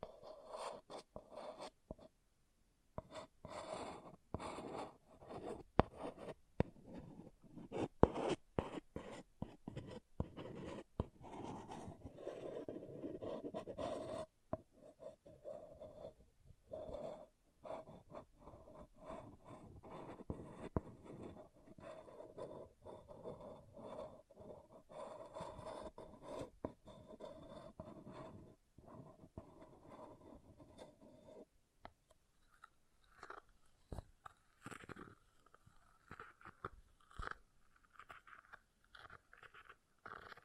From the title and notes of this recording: ASMR Brain Melting Object Scratching (No Talking).